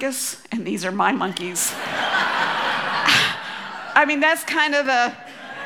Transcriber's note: laughter